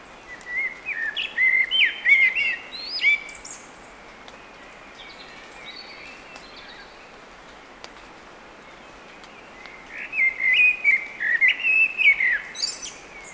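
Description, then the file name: Eurasian blackbird singing two separate phrases with a long pause between, each a warbled, fluty run ending in high twittering notes, with quiet hiss between. "Turdus merula"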